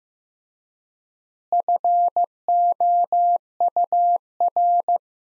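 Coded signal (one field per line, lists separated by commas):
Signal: Morse code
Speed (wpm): 16 wpm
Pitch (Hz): 700 Hz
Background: none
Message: FOUR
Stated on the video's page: Morse practice sentences from top 300 words at 15 wpm with 3x standard word spacing, a Farnsworth-like method.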